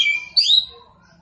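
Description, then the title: Orange-headed thrush song: a brief fragment of bright whistled notes that slur upward and then fade. Bird singing persistently (gacor); also called punglor kembang; song described as ngeplong. "Anis Kembang Gacor. Anis Kembang Punglor Kembang Ngeplong"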